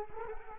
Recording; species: mosquito wingbeat signal from an infrared sensor; Culex quinquefasciatus